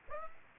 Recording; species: mosquito wingbeat signal from an infrared sensor; Aedes aegypti